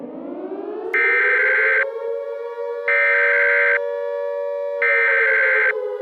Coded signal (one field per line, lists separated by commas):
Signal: Emergency Alert System (SAME) tones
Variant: header bursts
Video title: EAS Scenario: The Huge Hawaiian Tsunami